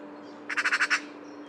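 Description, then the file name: Eurasian magpie giving a quick rattling chatter of five harsh notes in under half a second, with a steady low hum underneath. "Pica pica"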